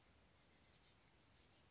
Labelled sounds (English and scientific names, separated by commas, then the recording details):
Oak Titmouse (Baeolophus inornatus)
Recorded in Sonoma County, California